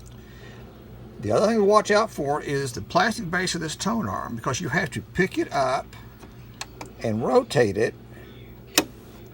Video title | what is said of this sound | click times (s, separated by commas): Zenith Twin 7 Model G660 | until it clicks | 8.8 s